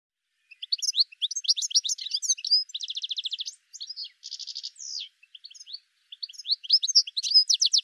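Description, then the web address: Bird song: high varied chirps, a steady buzzy trill, a short rattling buzz, downslurred whistles, then renewed rapid twittering. "cianscape birddata"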